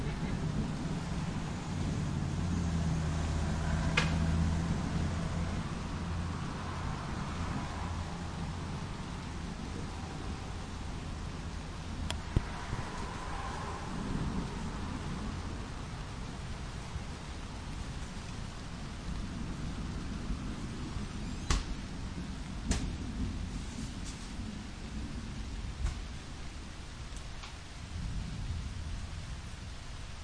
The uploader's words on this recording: Monday Thunder. Listening to the Monday Morning Storm as it gets closer.